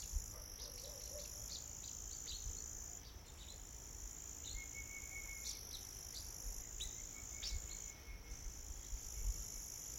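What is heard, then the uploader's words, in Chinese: Mountain forest ambience with a steady, bright drone of crickets and insects running through all ten seconds. Short, sharp chirps flick in now and then, and a thin whistle-like tone appears twice, over a soft low rumble. 懶山林環境音。早晨 0630。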